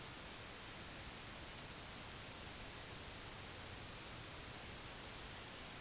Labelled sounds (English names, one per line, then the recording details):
none
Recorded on Arctic tundra, site IGLO-D, on 17 June 2018
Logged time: 00:00